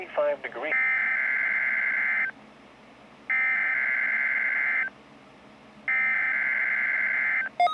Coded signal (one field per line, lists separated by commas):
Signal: Emergency Alert System (SAME) tones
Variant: header bursts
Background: speech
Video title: December Audio Tests! EAS#285 and 286 December 22nd, 2021!